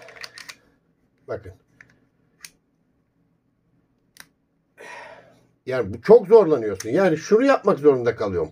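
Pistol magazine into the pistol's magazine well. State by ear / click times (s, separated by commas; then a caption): not seated / none. A fully loaded pistol magazine for a Stoeger Cougar FL or STR9 MC pistol is handled below the magazine well, as a full magazine is very hard to insert against its stiff spring. A few faint sharp handling clicks come in the first few seconds, followed by someone talking. The clip ends before the magazine goes home, and nothing has seated yet.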